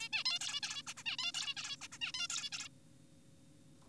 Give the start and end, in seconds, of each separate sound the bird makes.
0.00-0.09, 0.13-0.24, 0.25-0.39, 0.41-0.61, 0.63-0.83, 0.87-0.94, 0.97-1.03, 1.06-1.17, 1.19-1.32, 1.34-1.54, 1.57-1.76, 1.81-1.88, 1.92-1.98, 2.01-2.12, 2.14-2.27, 2.30-2.50, 2.52-2.69